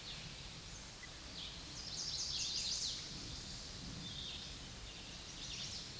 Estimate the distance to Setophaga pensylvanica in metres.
about 25 m